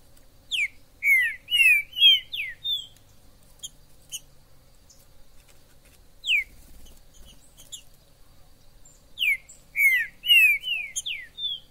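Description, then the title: Green-winged saltator song: rapid bursts of bright slurred whistles at the start and end, with a single whistle and scattered chips between. Trinca-ferro 'Major' in the forest, chirping, singing and 'macheando' (acting male) in a dispute; video meant to excite a pet trinca-ferro. "ESQUENTAR Seu TRINCA Piando, Cantando E Macheando Na DISPUTA. TRINCA FERRO no MATO Trinca ferro MAJOR no MATO"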